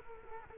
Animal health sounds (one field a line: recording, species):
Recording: mosquito wingbeat signal from an infrared sensor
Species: Culex quinquefasciatus